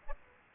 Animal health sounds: mosquito wingbeat signal from an infrared sensor; Aedes aegypti

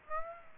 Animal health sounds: mosquito wingbeat signal from an infrared sensor; Aedes aegypti

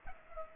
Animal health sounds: mosquito wingbeat signal from an infrared sensor; Culex pipiens

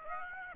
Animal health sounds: mosquito wingbeat signal from an infrared sensor; Aedes aegypti

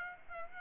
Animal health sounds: mosquito wingbeat signal from an infrared sensor; Aedes aegypti

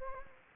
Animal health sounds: mosquito wingbeat signal from an infrared sensor; Anopheles gambiae

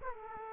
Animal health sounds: mosquito wingbeat signal from an infrared sensor; Aedes aegypti

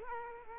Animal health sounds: mosquito wingbeat signal from an infrared sensor; Culex quinquefasciatus

